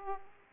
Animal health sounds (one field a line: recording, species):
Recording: mosquito wingbeat signal from an infrared sensor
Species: Aedes aegypti